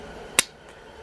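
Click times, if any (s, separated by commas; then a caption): 0.4 s. With the trigger held back to line things up, a small steel trigger/sear part of a Winchester 94 lever-action rifle's trigger assembly is pressed home into the lower tang assembly. A single sharp, bright snap sounds at 0.4 s against a quiet background, and the part is seated in place.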